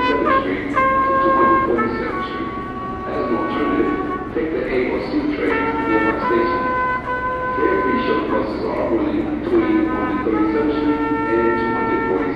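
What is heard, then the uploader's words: A trumpet plays a steady run of held notes in a subway station, stepping to a new pitch every second or so. Beneath it, a dense, constant low rumble of trains and a murmur of voices fill the large, echoing space at an even loudness. New York Subway Ambience with Trumpet playing by Genobunny.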